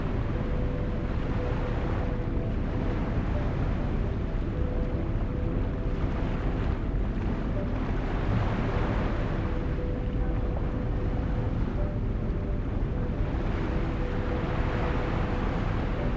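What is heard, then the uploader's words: Ocean waves wash in a steady, dense rumble, blended with a deep, even brown noise that holds constant throughout. Soft sustained tones sit in the low middle, shifting every couple of seconds. Gentle swells brighten the hiss around eight, eleven and fourteen seconds. Calm Ocean Waves and Brown Noise with Relaxing Lo Fi Music. Ocean waves calmly crashing to shore along with brown noise and a peaceful lo fi beat playing in the background.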